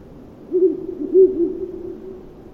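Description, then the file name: Ural owl giving a short series of deep, low hoots run together. "viirupollo hallikainen"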